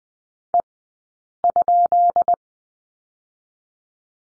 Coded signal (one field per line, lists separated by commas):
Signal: Morse code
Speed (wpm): 20 wpm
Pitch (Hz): 690 Hz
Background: none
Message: E?